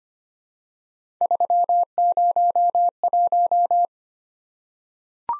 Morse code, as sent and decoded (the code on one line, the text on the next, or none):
...-- ----- .----
301